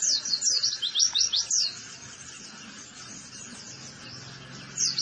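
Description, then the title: White-eye twittering song: quick high chirps at the start, then fainter warbling over steady background hiss, with a short burst returning at the end. Vigorously singing ('gacor') white-eye, used as a master recording to train cage birds for song competition success. "Pleci Gacor. Masteran Burung PLECI Untuk Cetak PRESTASI"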